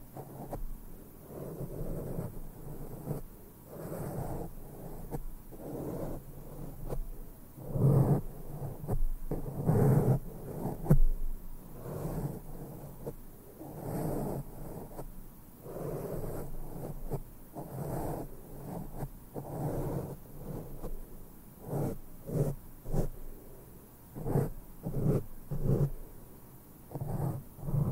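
A brush sweeps across a microphone over and over, with no talking. The strokes come in rapid, irregular bursts of soft, low scratching and rumbling, with louder swells around ten and eleven seconds and a quick flurry near the end.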